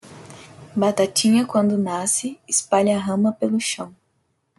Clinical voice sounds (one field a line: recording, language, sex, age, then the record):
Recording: short text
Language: Brazilian Portuguese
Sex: female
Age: 20 to 29 years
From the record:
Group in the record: control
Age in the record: 23 years